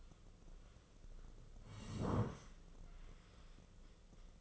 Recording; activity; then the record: daily activity, microphone in the room; sit down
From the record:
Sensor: 4